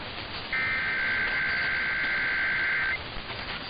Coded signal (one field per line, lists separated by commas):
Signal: Emergency Alert System (SAME) tones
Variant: header bursts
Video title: [EAS #2405-#2410] The IPAWS Weekly has returned